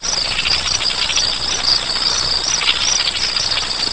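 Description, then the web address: Insect calling with a dense, continuous high-pitched buzzing trill, steady throughout with slight pulsing. "anasyn caracalla thesis spec insects"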